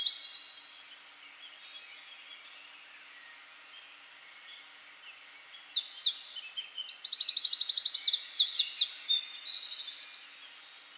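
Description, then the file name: Eurasian wren song: after a fading high note and a quiet pause, a vigorous burst of rapid trills and sharp twittering begins halfway through and ends abruptly. "Troglodytes troglodytes"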